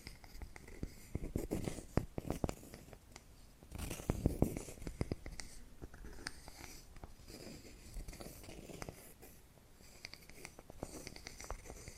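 Tapping and scratching sounds come in quick, irregular bursts, with sharp clicks scattered throughout and denser clusters around two seconds and four to five seconds. Between taps, a soft, dry scratching rasp continues, like a pen or fingernail dragging over a surface.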